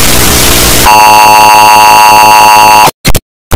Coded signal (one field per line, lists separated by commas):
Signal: Emergency Alert System (SAME) tones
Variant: 853 and 960 Hz attention tone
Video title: eas alarm earape (volume warning)